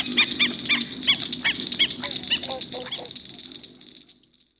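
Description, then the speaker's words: Black-necked stilt alarm yelps, quick sharp notes that fade away, leaving a thin high insect drone at the close. Startled black-necked stilts, perhaps a pair, giving distress calls at midnight in a southern marsh. "These are the distress calls of a black-necked stilt, perhaps a pair of them."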